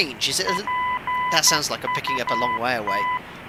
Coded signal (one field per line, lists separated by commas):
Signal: Morse code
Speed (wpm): 12 wpm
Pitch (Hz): 1000 Hz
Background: speech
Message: PUT